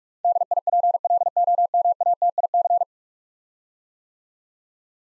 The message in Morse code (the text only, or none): DIPLOMATIC